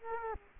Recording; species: mosquito wingbeat signal from an infrared sensor; Culex quinquefasciatus